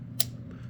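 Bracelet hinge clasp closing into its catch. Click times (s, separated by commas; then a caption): 0.2 s. An antique gold-filled bangle bracelet in a 7-inch wrist size, dated to 1900 or possibly 1895, is closed after its release button is pressed, its hinge clasp swinging shut into the catch. A single sharp, bright click at 0.2 s is heard over a low steady hum, followed by a much fainter tick near 0.5 s. The clasp snaps locked.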